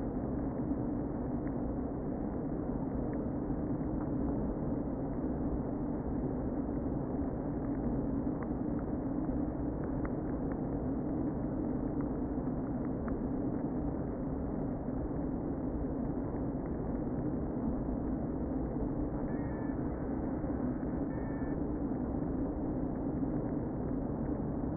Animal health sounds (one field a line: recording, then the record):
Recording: honeybee colony, microphone inside the hive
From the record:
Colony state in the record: queen present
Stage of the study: before two queens were removed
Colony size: about 60,000 bees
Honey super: yes